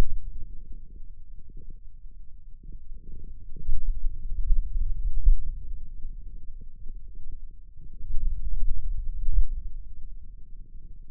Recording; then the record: forearm muscle sounds (acoustic myography)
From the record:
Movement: pen grasping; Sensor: system 2, bracelet of six BSWA MPA416 microphones around the upper forearm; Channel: 1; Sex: male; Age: 22 years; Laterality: right